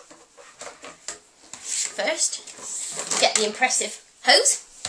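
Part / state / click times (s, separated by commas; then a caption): vacuum hose into vacuum cleaner body / not seated / none. Someone talks while handling the plastic hose of a Bosch GS-50 PowerAnimal vacuum cleaner, which is to be pushed into the vacuum cleaner body, with short plastic knocks and rattles throughout. The hose has not yet been pushed home; nothing has seated or clicked yet.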